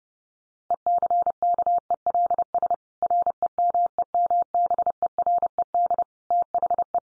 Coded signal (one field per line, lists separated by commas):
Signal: Morse code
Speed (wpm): 30 wpm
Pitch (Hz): 700 Hz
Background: none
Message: ECKELS REMEMBERED THE